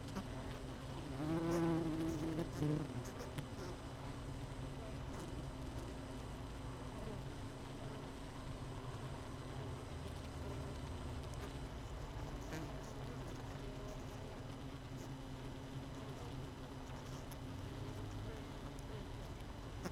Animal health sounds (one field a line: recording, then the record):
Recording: honeybee colony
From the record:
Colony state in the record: missing queen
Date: 31 May 2018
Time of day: 18:02